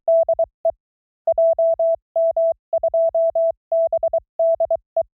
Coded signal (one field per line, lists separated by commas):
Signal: Morse code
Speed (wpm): 23 wpm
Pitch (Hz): 660 Hz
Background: none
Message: DE JM2BDE